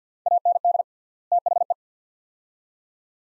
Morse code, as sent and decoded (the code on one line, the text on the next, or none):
.- -. -.. / - .... .
AND THE